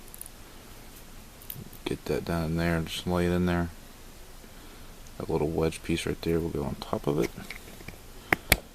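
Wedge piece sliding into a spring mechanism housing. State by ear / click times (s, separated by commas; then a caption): seated / 8.3 s, 8.5 s. Someone talks while fitting a small wedge piece on top of a shortened coil spring and sliding it into place inside a small spring mechanism housing. Faint handling ticks come first, then two sharp clicks at 8.3 s and 8.5 s as the wedge piece slides home and seats.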